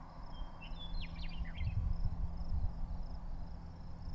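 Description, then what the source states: Meadowlark song: a brief phrase of whistled and chattering notes early on, fairly faint against a steady low engine-like hum and thumping. Two meadowlarks singing as a duo in isolated sagebrush steppe at 700 m on May 1, 2015, with noise pollution from two pickup trucks passing.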